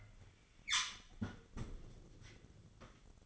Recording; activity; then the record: daily activity, microphone in the room; close fridge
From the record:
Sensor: 4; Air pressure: 1008.6 hPa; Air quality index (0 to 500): 74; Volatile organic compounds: 1 ppm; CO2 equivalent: 631 ppm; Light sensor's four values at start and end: 10/21/9/9 and 13/30/12/13